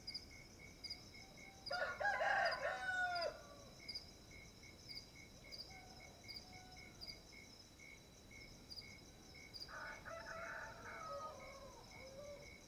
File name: Ambiencia engenho ao amanhecer galos cantando e grilos